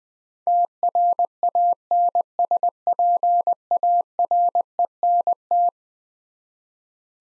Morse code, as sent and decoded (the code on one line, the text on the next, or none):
- .-. .- -. ... .--. .- .-. . -. -
TRANSPARENT